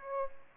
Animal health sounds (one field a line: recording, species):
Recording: mosquito wingbeat signal from an infrared sensor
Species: Aedes aegypti